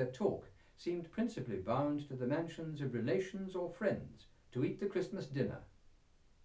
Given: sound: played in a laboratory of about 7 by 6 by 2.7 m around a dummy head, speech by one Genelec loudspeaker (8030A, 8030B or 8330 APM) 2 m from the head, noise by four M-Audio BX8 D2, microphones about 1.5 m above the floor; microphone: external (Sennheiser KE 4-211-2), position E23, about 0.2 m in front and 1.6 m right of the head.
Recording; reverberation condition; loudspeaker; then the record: male speech in English; low; 90 degrees to the left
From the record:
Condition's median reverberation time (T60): about 310 ms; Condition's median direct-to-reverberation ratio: about 3.5 dB